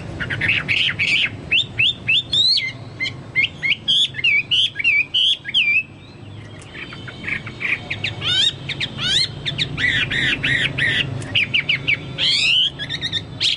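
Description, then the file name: Chinese hwamei song, fluty whistled phrases and rapid repeated notes changing every few seconds, loud and continuous, with steady low background hum. "hwamei-2-omkicau"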